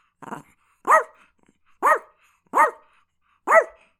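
Chihuahua barking, four sharp high yaps roughly every second after a brief soft sound.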